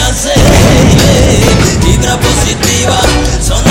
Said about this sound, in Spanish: Provocan explosiones.